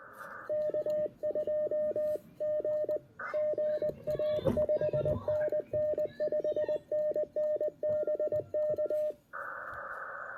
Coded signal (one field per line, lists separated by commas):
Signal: Morse code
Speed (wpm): 20 wpm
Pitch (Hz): 600 Hz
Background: radio noise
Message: K2G GA 5NN 5NN BK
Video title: QRPp POTA Challenge: Let's Compromise a Compromised Antenna at Lake James State Park!